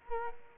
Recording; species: mosquito wingbeat signal from an infrared sensor; Culex quinquefasciatus